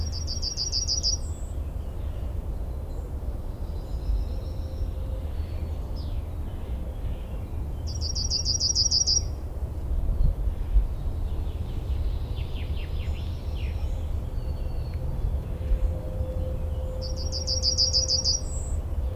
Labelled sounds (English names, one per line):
Yellowhammer song